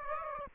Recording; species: mosquito wingbeat signal from an infrared sensor; Aedes aegypti